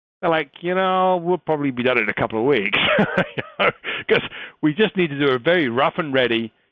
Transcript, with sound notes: They’re like, “You know, we’ll probably be done in a couple of weeks-”, [laugh] “-because we just need to do a very rough and ready.